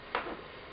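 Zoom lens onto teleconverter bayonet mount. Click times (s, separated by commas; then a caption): 0.1 s. A Nikon 18–200 mm vibration reduction zoom lens, with its white dot lined up to the red dot on a 2x auto focus teleconverter, is twisted counter-clockwise onto the teleconverter's bayonet mount. A single short, sharp click sounds at 0.2 s as the locking pin engages, then a faint brief rattle fades into quiet. The lens is seated on the teleconverter.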